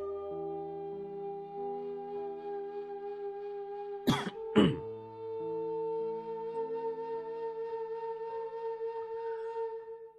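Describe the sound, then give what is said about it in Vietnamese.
Two short, harsh coughs from a person whose sore throat has turned into a cough, one right after the other, break through a steady bed of sustained musical tones that plays on before and after them. “Lát hai hôm nay thì hết đau họng rồi mà giờ nó chuyển sang ho.”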